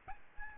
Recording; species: mosquito wingbeat signal from an infrared sensor; Aedes albopictus